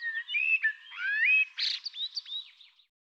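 Bird calls in a continuous run of twisting whistled notes, rising slurs and a short harsh squawk, followed by several quick chirps that fade out.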